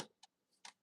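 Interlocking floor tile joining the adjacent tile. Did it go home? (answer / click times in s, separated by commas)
yes / 0.2 s, 0.7 s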